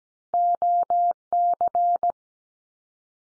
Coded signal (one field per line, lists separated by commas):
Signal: Morse code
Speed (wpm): 17 wpm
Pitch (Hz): 700 Hz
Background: none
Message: OC